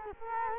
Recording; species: mosquito wingbeat signal from an infrared sensor; Culex quinquefasciatus